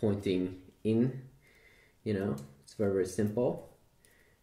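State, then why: Seated. Someone talks while a micro SD card is pushed, arrow pointing in, into the card slot of a Samsung Galaxy S4 smartphone with its back cover off. A short, faint click at 4.1 seconds marks the card seating in the slot.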